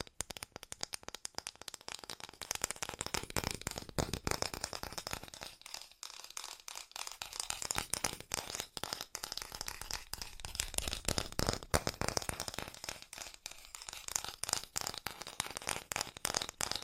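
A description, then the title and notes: Fast tapping runs almost without pause, a dense rattle of crisp, bright clicks. The taps come in quick irregular bursts with short thinner stretches near six and thirteen seconds, then pick back up. ASMR Fast Tapping for The Most Tingles (No Talking).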